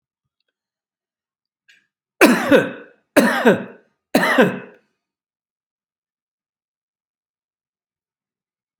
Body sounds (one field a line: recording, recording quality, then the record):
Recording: heavy voluntary cough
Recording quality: excellent, no background noise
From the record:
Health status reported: healthy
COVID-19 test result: not tested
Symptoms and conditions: hypertension, diabetes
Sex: male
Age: 62 years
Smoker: not ticked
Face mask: not worn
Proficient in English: yes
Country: India